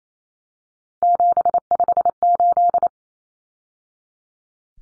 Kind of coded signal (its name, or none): Morse code